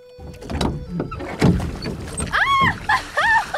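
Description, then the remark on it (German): A rowing boat rocks dangerously on the water as a man hastily grabs the rudder and tries to stand up: hollow wooden knocks and thumps, followed by several high, bending creaks that rise and fall as the hull sways. “Das Boot begann gefährlich zu schaukeln.”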